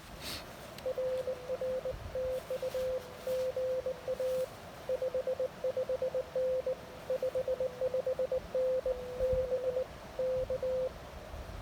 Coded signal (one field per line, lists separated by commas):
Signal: Morse code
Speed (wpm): 19 wpm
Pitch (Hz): 520 Hz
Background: radio noise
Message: RR TU GA 55N 55N B K